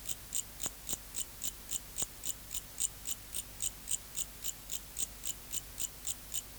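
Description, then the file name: Mecopoda elongata katydid singing a steady series of rasping, high-pitched pulses, roughly three or four per second, with a few soft clicks in the background. "Bio Acoustica. Mecopoda elongata"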